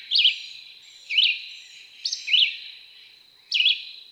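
Red-eyed Vireo song: four quick whistled phrases, each a short up-and-down slur, separated by about a second, over a steady high hiss.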